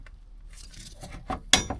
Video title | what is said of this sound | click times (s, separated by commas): Install a PPE Tranny Cooler on 2016 Chevy Silverado 2500 HD | Okay, clicks in, | 1.5 s